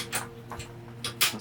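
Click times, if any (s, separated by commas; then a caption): none. A gas cassette canister is pushed into a portable cassette stove, with two short knocks around 0.5 s and 1.1 s. The cassette has not seated or clicked yet, and the stove does not light.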